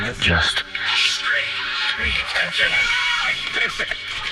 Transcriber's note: strained whisper